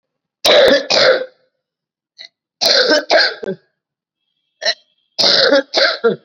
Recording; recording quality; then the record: heavy voluntary cough; excellent, no background noise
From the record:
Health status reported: COVID-19 positive, mild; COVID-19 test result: positive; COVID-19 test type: RT-PCR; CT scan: not taken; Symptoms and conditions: cough, fever, fatigue, diabetes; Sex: female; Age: 60 years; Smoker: no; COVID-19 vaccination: both doses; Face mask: not worn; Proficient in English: yes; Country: India